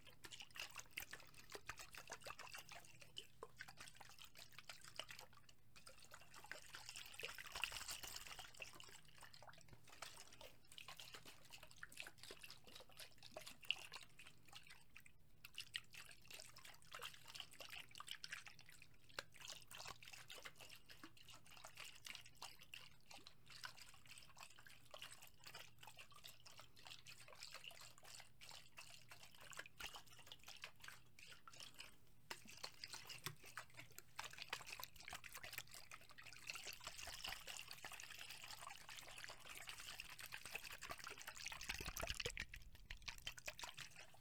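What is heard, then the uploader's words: Foamy liquid is shaken continuously, giving a dense, fizzing crackle of tiny bubbles and splashes that never stops for the whole stretch. Brief brighter swells come around 8 and 42 seconds, and a faint low hum runs underneath throughout. ASMR Liquid Shaking Heaven. Foamy liquid sounds.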